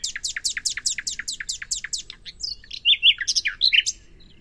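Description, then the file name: Common nightingale song: a long run of about a dozen evenly spaced, sharp downward notes, then a jumble of varied whistles and chirps. "Luscinia megarhynchos"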